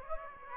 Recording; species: mosquito wingbeat signal from an infrared sensor; Aedes aegypti